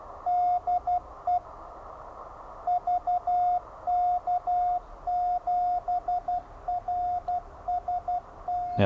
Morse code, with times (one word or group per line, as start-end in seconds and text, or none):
0.3-1.4 DE
2.7-8.8 VK7RST